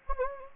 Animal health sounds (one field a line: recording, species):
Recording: mosquito wingbeat signal from an infrared sensor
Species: Anopheles gambiae